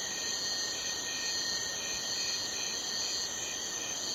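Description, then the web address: Crickets keep up a continuous high trilling chorus, their pulsed chirps beating in a regular rhythm with no pauses. Crickets recorded at night. "the sound pack tree. night crickets"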